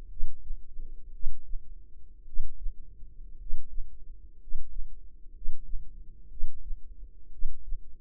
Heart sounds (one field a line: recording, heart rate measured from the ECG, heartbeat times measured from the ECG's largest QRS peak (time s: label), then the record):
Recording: heart sounds by microphone in the left ear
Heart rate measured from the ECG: 58 bpm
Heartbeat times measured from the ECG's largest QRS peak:
0.07 s: heartbeat
1.10 s: heartbeat
2.23 s: heartbeat
3.36 s: heartbeat
4.37 s: heartbeat
5.31 s: heartbeat
6.27 s: heartbeat
7.29 s: heartbeat
From the record:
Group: healthy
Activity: rest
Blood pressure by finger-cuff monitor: 106/61 mmHg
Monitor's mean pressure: 70 mmHg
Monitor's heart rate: 59 bpm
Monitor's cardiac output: 4.9 L/min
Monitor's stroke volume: 89 mL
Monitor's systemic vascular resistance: 1010 dyn s/cm5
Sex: male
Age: 25 years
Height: 170 cm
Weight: 70.4 kg